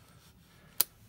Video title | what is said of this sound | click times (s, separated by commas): Для Елены М. | поворачиваем до щелчка теперь как производится съемка например ставим режим приоритета | 0.8 s